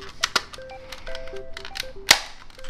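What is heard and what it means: Someone presses the two plastic halves of a Sony Walkman (1990-1999) portable cassette player case back together while replacing its belt, so the internal plastic clips ("claws") snap into place. Sharp plastic ticks come at about 0.2 s, 0.4 s and 1.8 s over faint steady tones, then the loudest crisp snap lands at 2.1 s. The case clip is seated and confirmed shut.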